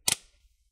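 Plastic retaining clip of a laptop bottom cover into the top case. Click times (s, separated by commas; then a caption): 0.1 s. A plastic retaining clip on the bottom cover of an ASUS X541N laptop snaps into the top case as the covers are pinched together at the back middle. A single loud, sharp crack is heard at 0.1 s, followed by a brief fading tail. The clip seats fully.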